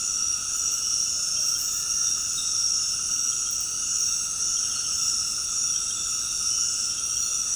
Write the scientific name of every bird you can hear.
none